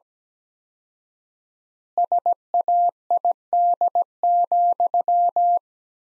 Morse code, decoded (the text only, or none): SAID,